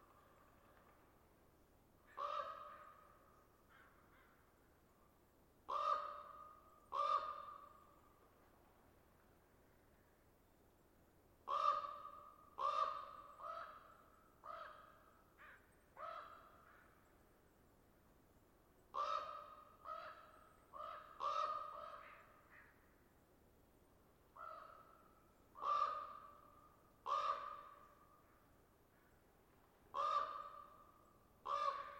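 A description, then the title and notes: Ravens call back and forth in short bursts of hoarse, croaking caws, often two or three in quick succession, then pausing a few seconds before the next round. The calls are loud, with a quiet, low outdoor hum between them. Just your typical Saturday-evening raven conversation.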